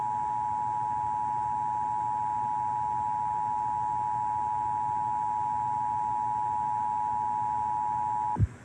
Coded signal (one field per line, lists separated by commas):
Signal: Emergency Alert System (SAME) tones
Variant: 853 and 960 Hz attention tone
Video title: EAS- First Monthly Beepers of 2024! (1/3/24)